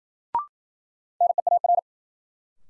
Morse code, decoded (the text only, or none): NEAR